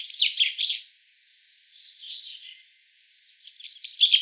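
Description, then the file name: Common chaffinch with the end of one trilled phrase, a softer wavering passage, then the start of another quick, bright phrase. "Fringilla coelebs"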